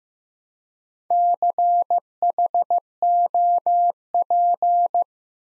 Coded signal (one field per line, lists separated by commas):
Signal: Morse code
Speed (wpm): 15 wpm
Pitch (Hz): 700 Hz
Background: none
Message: CHOP